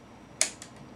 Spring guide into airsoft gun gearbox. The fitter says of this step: you'll hear a click